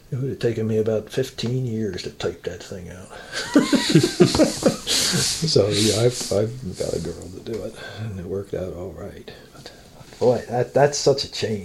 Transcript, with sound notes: It would've taken me about fifteen years to type that thing out. [Laughs.] So I got a girl to do it and it worked out all right, but boy, that's such a change.